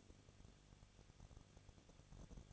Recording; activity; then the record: daily activity, microphone in the room; no activity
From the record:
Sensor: 4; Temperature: 23.1 degrees Celsius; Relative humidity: 34.0%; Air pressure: 1007.1 hPa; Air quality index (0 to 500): 217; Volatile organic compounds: 15 ppm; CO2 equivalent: 2509 ppm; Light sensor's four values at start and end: 2/3/1/1 and 2/3/1/1